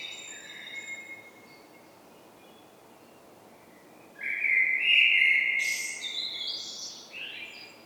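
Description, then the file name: Common blackbird song: faint high notes early, then after a pause a loud mellow fluted phrase that rises into a squeaky, twittering flourish before fading. "Turdus merula"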